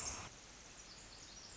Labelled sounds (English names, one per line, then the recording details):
Pacific Wren
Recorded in Sonoma County, California